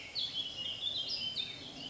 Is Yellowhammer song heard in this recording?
no